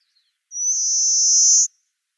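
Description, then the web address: Pale rock sparrow giving a single high, steady buzz just over a second long, insect-like and slightly swelling in strength before stopping abruptly. "Schulze Peter Pale Rock Sparrow song"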